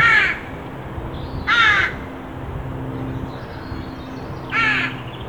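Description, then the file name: Carrion crow: harsh caws of a carrion crow, three rasping calls at uneven intervals, with a low steady hum underneath. "Corvus corone"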